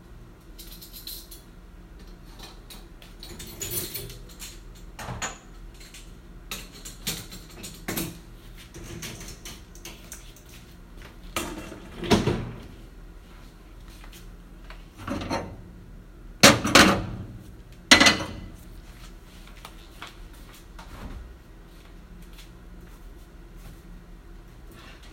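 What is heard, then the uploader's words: Clean dishes are lifted from a dishwasher and set down, with scattered clinks and scrapes, the sharpest around 16–18 seconds. Taking out clean dishes from the dishwasher, and put them in place.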